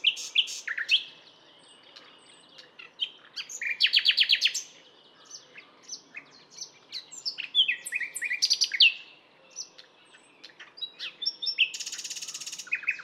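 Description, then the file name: Common nightingale song alternating rattling trills, clicking phrases and whistled slurs, with brief pauses between bursts. "Luscinia megarhynchos"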